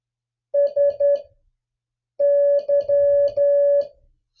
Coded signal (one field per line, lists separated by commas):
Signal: Morse code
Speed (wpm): 10 wpm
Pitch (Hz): 570 Hz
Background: music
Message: SY